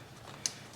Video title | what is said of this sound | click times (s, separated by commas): How to Change Plugs, Wires, Coil & PCV Valve in Minutes! Mazda Protege Example | make sure you hear them kind of snap | 0.5 s